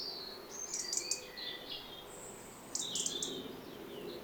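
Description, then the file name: European robin singing thin, high whistled phrases that waver and slide, with short clicking bursts and a steady low background hiss. "Erithacus rubecula"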